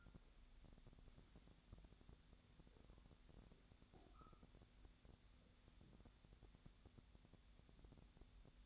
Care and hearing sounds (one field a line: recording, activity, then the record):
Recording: daily activity, microphone in the room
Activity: wipe stove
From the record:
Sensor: 3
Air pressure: 1007.0 hPa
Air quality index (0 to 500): 205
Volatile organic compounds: 18 ppm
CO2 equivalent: 2626 ppm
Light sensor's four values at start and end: 12/28/12/11 and 12/28/12/11